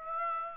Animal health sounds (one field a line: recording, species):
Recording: mosquito wingbeat signal from an infrared sensor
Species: Aedes aegypti